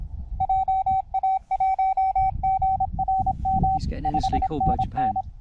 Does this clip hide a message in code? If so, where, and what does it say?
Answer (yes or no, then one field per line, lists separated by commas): yes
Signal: Morse code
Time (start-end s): 0.4-5.2 s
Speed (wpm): 26 wpm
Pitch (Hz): 760 Hz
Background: speech, radio noise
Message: JA1GRM 5NN